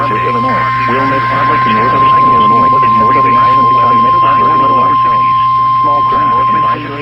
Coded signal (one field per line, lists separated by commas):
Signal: Emergency Alert System (SAME) tones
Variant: 1050 Hz attention tone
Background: speech